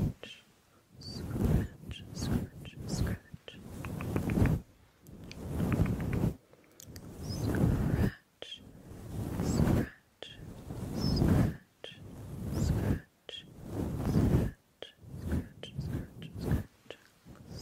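Gentle scratching and swirling on a microphone comes in repeated rubbing strokes, each about a second or two long with short quiet gaps between. The strokes are full, mostly low and soft, with brighter scratchy edges and small high ticks throughout.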